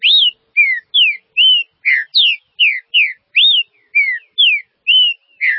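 Green-winged saltator delivering a continuous run of bright whistles, each note a quick slur up or down, at roughly two per second.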